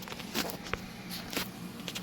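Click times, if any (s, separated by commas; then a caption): none. A replacement keyboard for a Dell Inspiron N5110 laptop is handled against the palmrest bezel, its tabs being tucked under before it is pressed down so its plastic edge clips lock into the chassis. Soft rustling and light scuffing bursts are heard near 0.4 s and 1.4 s, with a brief tap around 0.7 s over a low steady hum. Nothing has seated or clicked yet.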